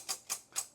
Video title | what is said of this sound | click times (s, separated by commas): COMPLETE INSTALL & TEST - RACGTING Racing Simulator Cockpit | You hear that click click? | 0.6 s